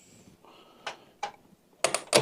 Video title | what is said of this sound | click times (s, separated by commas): System Build 38 - Build With Brian - Gaming / Home System - Lian Li Vector V100 (2026) | Should click in place as you just heard. | 1.8 s